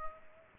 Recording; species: mosquito wingbeat signal from an infrared sensor; Culex pipiens